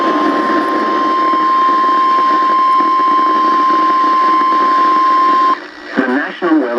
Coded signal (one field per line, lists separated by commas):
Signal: Emergency Alert System (SAME) tones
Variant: 1050 Hz attention tone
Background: speech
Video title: WILD WEDNESDAY! EAS Alerts from 5/31/17 (EAS #213 - 222)